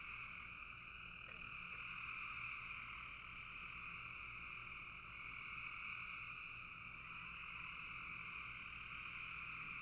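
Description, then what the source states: Frog: a steady chorus of frogs forms a dense, two-pitched trilling wash, swelling and easing slightly over time. Frogs in a bog.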